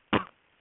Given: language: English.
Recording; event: throat vibration sensor signal played as sound; cough